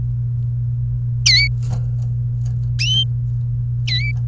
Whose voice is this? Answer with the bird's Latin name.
Serinus canaria